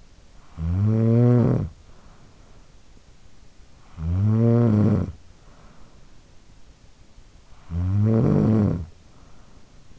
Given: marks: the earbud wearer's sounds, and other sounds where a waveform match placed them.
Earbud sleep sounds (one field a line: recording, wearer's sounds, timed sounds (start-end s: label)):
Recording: sounds in sleep by an in-ear microphone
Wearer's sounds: snoring breath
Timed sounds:
0.00-6.65 s: snoring breath
7.12-9.99 s: snoring breath